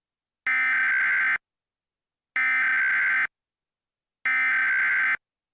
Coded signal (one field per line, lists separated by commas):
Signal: Emergency Alert System (SAME) tones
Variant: header bursts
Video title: EAS Scenario - National Peroidic Test